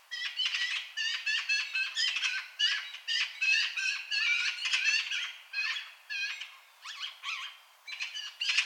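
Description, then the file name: Eurasian magpie giving a rapid run of harsh, varied chattering and squeaky notes in bursts with brief pauses. "Pica pica"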